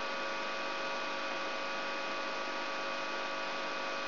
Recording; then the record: brain microelectrode recording played as sound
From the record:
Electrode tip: outside the subthalamic nucleus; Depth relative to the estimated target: -4 mm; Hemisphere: right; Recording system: AlphaMap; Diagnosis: Parkinson's disease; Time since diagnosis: 23 years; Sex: male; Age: 65 years